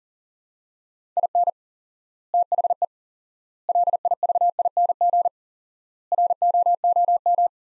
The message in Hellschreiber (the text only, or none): none